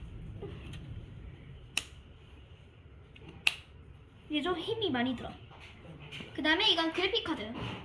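A second RAM module is pressed into its motherboard memory slot. It snaps home with sharp latch clicks at 1.8 s and 3.5 s, and is seated. Afterward someone talks, remarking that it takes a lot of force.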